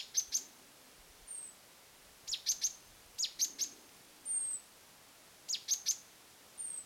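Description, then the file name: Great tit giving high, clipped notes in groups of two or three, interspersed with a thin, slightly falling whistle repeated a few times. "Parus major"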